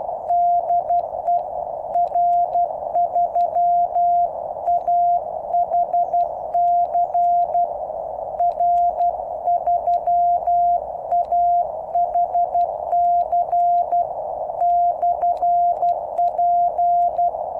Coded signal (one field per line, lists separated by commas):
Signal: Morse code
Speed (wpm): 12 wpm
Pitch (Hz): 700 Hz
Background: none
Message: DE R3AHC R3AHC/P